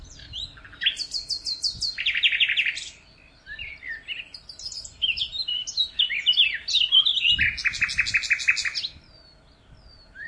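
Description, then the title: Bird song, a rich varied stream of high chirps, slurred whistles and rapid buzzy trills, pausing briefly about a third of the way through, over faint low rumbling. "LuckyPassaro Completos2Sama"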